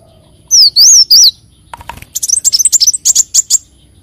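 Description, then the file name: Leafbird song: three high looping whistles, then a rapid stream of sharp, sweet chirps and twittered notes for over a second. "Tieng chim xanh tim"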